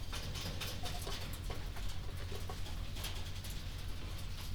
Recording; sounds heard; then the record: poultry house recording; healthy chickens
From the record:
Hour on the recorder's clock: 21